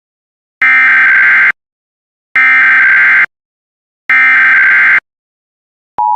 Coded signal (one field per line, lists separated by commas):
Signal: Emergency Alert System (SAME) tones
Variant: header bursts